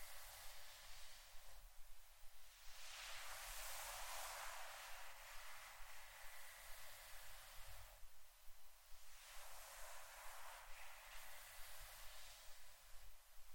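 Steady scratching and brushing hiss, bright and dense, swelling into stronger strokes around 3–5 and 9–11 seconds, over a low rumble.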